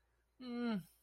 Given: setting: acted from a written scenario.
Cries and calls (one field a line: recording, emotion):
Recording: vocal sound without words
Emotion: neutral